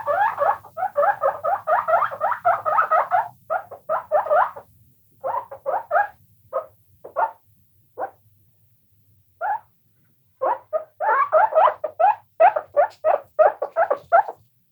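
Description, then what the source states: Guinea pig squeaks: rapid runs of pulsed, chattering squeaks in bursts, pausing briefly, then resuming in a dense repeated series toward the end. More than one guinea pig, squeaking.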